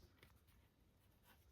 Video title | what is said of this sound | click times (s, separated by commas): 2018 Volkswagen Tiguan Oil Change DIY - Easy Step-By-Step | Turn it until it clicks. | 0.2 s